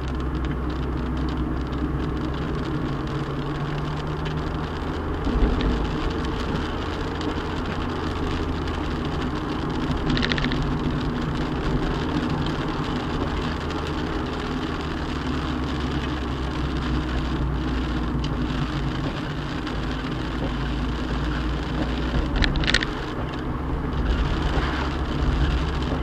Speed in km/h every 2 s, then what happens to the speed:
35, 40, 47, 47, 45, 44, 44, 42, 37, 29, 29, 34, 39.
0-4 speeds up to 47. 4-12 steady at about 45. 12-18 slows to 29. 21-26 speeds up to 39.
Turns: 15-22.